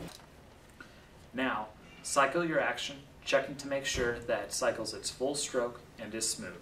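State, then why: Seated. A trigger assembly is squeezed by its trigger guard toward the action of a Mini 14 / 30 rifle until it latches into the bottom of a Hogue stock, giving a single quiet snap at 0.8 s. Someone then talks. The trigger assembly is seated in the stock.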